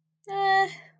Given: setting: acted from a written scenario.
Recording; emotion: vocal sound without words; neutral